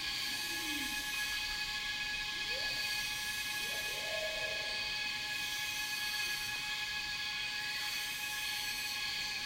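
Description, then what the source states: Cicadas in a dense, shrill buzzing chorus with steady ringing tones; a few faint sliding bird notes underneath. Cicadas in a rainforest, recorded together with birds.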